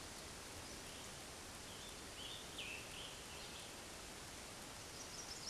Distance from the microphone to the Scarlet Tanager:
about 35 m